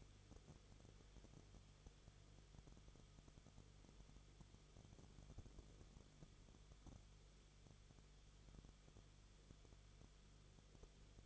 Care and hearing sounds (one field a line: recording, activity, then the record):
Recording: daily activity, microphone in the room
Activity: no activity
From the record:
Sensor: 4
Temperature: 22.9 degrees Celsius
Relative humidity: 34.5%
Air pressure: 1011.5 hPa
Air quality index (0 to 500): 193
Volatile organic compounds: 13 ppm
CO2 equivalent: 2388 ppm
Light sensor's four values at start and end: 2/3/1/1 and 2/3/1/1